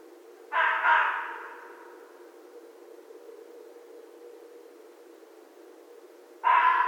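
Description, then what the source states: Red fox barking twice, about six seconds apart, each a loud coarse rasping cry, with quiet background between. Recorded on 14 January 2012.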